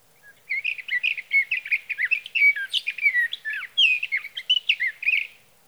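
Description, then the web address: Sage thrasher singing a fast, jumbled warble of short sweeping notes, steady and unbroken for about five seconds. "birdsongforthecurious Sage Thrasher"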